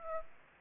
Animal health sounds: mosquito wingbeat signal from an infrared sensor; Aedes aegypti

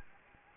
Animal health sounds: mosquito wingbeat signal from an infrared sensor; Anopheles gambiae

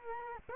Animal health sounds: mosquito wingbeat signal from an infrared sensor; Culex quinquefasciatus

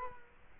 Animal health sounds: mosquito wingbeat signal from an infrared sensor; Culex quinquefasciatus

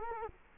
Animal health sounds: mosquito wingbeat signal from an infrared sensor; Culex quinquefasciatus

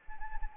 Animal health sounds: mosquito wingbeat signal from an infrared sensor; Anopheles arabiensis

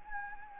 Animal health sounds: mosquito wingbeat signal from an infrared sensor; Anopheles gambiae

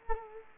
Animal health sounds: mosquito wingbeat signal from an infrared sensor; Culex quinquefasciatus

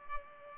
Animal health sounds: mosquito wingbeat signal from an infrared sensor; Culex pipiens

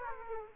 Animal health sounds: mosquito wingbeat signal from an infrared sensor; Aedes aegypti

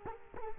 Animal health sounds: mosquito wingbeat signal from an infrared sensor; Culex quinquefasciatus

